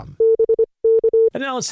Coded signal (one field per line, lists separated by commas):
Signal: Morse code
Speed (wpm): 25 wpm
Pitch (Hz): 450 Hz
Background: speech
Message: B K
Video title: Amateur Radio News and Notes 11/14/2025